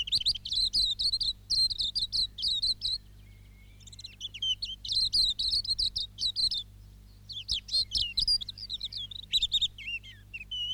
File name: silvereye song